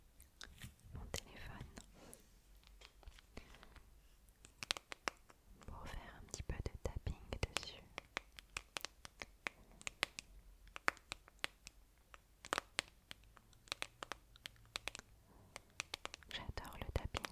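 Tapping and brushing sounds run through the whole clip as dense, irregular clicks and sharp taps, some bright and crisp, with soft scratchy brushing between them. Brief soft whispers surface now and then, notably around 1–2, 6 and 16 seconds.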